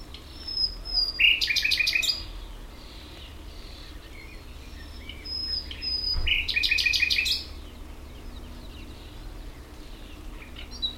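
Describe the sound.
Common nightingale song: two bursts of rapid, repeated buzzy notes with a sharp whistled note, separated by several seconds of quiet with low background hum.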